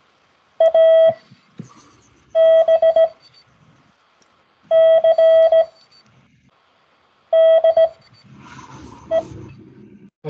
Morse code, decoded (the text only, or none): ABCDE